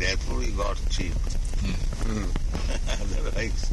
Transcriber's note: laughs